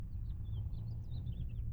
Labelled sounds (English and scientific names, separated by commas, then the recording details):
House Finch (Haemorhous mexicanus) song
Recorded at Wantagh on Long Island, New York, on 21 May 1975
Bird F